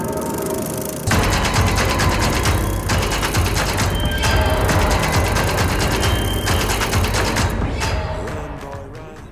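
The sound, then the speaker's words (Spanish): A bicycle freewheel ratchets at the opening of the program Pata de Cabra, a rapid, steady buzz of sharp clicks that starts abruptly and runs loudly for several seconds before tapering off, with no talking over it. “Un programa al que se llega en bici.”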